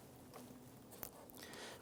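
An ignition coil wire connector on a 1992-1996 Toyota Camry is lined up with the tab on the side of the ignition coil and pushed down until it locks, with a sharp click at 1.0 s. Two fainter ticks follow at about 1.3 and 1.4 s as the connector is gently pulled up to confirm it is seated and locked in place.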